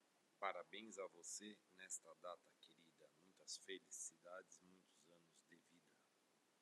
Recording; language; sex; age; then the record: short text; Brazilian Portuguese; male; 40 to 49 years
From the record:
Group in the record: control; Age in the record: 41 years